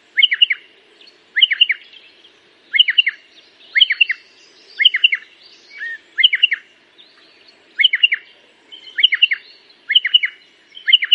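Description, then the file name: Pardalote repeating a quick cluster of sharp descending chirps, over faint low background noise. "canto do pardalote"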